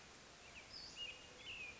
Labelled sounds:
Western Flycatcher

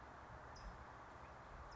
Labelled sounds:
California Towhee

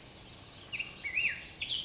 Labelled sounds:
Black-headed Grosbeak

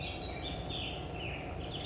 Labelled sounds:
California Towhee

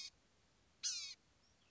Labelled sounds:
Blue-gray Gnatcatcher

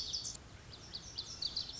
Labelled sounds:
Lazuli Bunting

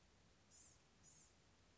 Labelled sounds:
Blue-gray Gnatcatcher

